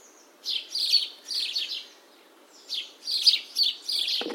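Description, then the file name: House sparrow chirps in two clusters of rapid, bright notes separated by a brief pause, ending with a short click. "Passer domesticus"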